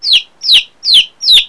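Chicken peeps: four shrill, downward-sliding notes, evenly spaced about every 0.4 seconds, loud and clean with no other sounds.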